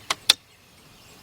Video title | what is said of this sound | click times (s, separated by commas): Cadillac DTS Rear Fuse Box Replacement | The black one, snap into place. | 0.3 s